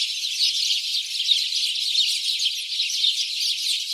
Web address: SETE data Passer domesticus